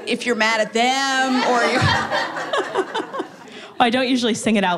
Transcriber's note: laughter